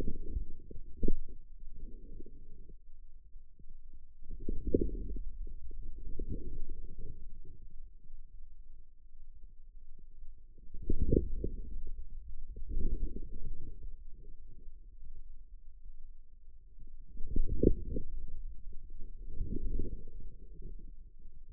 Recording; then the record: forearm muscle sounds (acoustic myography)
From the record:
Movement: outward rotation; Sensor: system 2, bracelet of six BSWA MPA416 microphones around the upper forearm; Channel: 5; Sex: male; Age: 22 years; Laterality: right